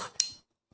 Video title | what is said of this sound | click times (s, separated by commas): UNBOXING - Canon EOS 2000D / Rebel T7 DSLR Camera + Sample | can see it it must do like a click | 0.2 s